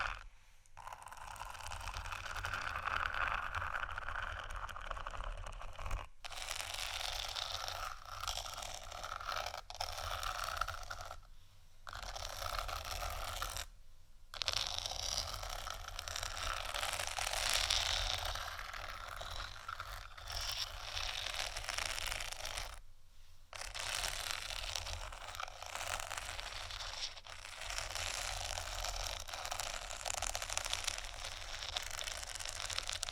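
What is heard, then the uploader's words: Scratching and tapping on placemats makes a dense, rough scraping that runs nearly continuously, broken by brief silences near 6, 11, 14 and 23 seconds. ASMR Scratching & Tapping 2 Magic Placemats（No Talking）.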